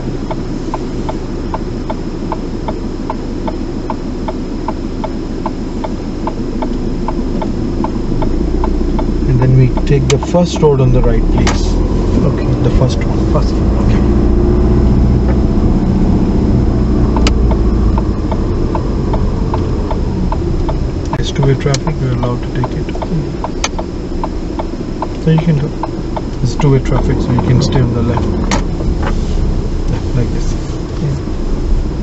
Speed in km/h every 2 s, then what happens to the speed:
0, 0, 0, 0, 5, 11, 16, 15, 13, 10, 5, 3, 0, 8, 8, 8.
0-6 standing. 6-12 pulls away to 16. 12-23 slows to 0. 26-32 steady at about 8.